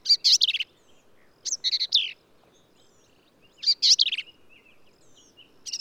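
Black-capped vireo song: harsh, chattering phrases with sharp buzzy notes, each under a second, separated by short pauses.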